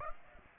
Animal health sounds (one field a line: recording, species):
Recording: mosquito wingbeat signal from an infrared sensor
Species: Aedes aegypti